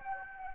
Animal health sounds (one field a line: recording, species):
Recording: mosquito wingbeat signal from an infrared sensor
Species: Anopheles gambiae